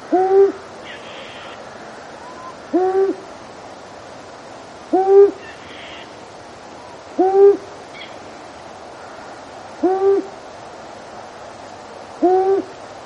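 Long-eared owl hooting, a low soft hoo repeated roughly every two and a half seconds, six calls in all, with faint higher bird notes in the background.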